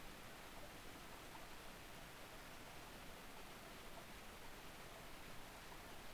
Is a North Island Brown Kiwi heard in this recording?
no